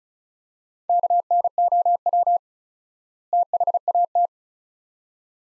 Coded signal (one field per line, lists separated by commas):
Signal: Morse code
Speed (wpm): 36 wpm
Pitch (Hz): 700 Hz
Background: none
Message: KNOW THAT